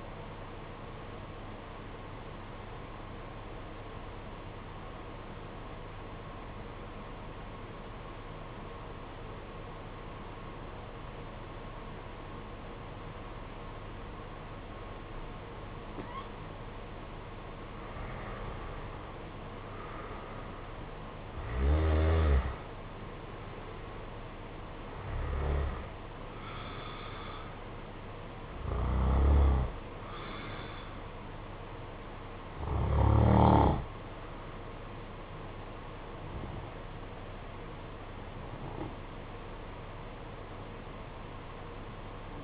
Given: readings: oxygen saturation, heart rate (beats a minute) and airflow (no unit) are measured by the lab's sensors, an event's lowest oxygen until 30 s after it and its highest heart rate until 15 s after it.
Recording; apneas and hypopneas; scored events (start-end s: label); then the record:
breathing in sleep by a voice recorder at the bedside; 1
3.00-18.60 s: obstructive apnea (N1, oxygen 95% highest, then 86% lowest, heart rate 51 at the start, 63 highest)
From the record:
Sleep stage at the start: N1 (lightest sleep); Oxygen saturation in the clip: 86 to 95%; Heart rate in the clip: 51 to 63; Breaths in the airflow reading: 7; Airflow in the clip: -12.1 to 12.2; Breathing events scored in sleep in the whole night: 476 in 9.7 hours asleep